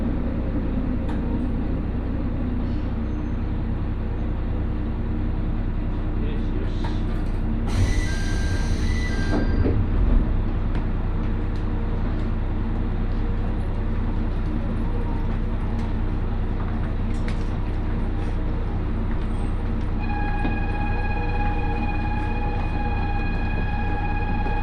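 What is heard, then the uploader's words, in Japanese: A Mizushima Rinkai Railway train rumbles steadily along, with a bright burst of squealing near eight seconds and a steady whine from twenty seconds. 水島臨海鉄道 三菱自工前→倉敷市。この路線は貨物輸送も多く、単線から分岐する時の速度制限もきついせいであまりスピードが出せないのがネックかな？という感じでした。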